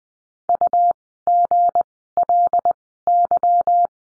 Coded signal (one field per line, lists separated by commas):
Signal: Morse code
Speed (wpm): 20 wpm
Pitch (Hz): 700 Hz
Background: none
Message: UGLY